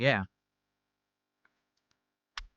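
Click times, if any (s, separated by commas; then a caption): 2.4 s. A unique LEGO piece is lined up and pushed onto a plastic LEGO shaft while someone talks briefly at the start. After a faint tick near 1.5 s, a sharp snap at 2.4 s marks the piece seating onto the shaft.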